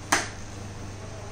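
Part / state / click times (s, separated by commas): tray lock into stroller frame hole / seated / 0.1 s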